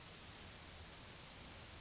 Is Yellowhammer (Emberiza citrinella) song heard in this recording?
no